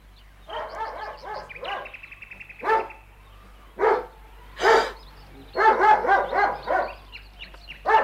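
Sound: dog barking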